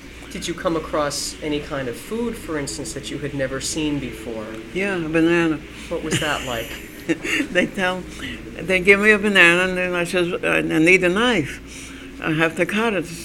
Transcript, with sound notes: Did you come across any kind of food, for instance, that you had never seen before?
eah, banana.
What was that like?
(she laughs) They tell, they give you a banana and I says, " I need a knife. I have to cut it."